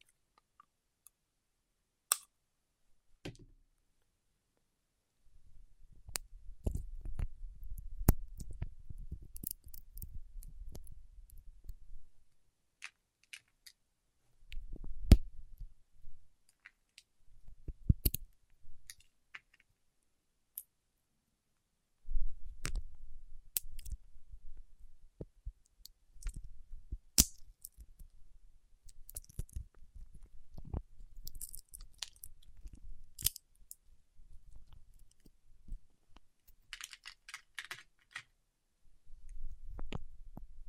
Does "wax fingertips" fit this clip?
yes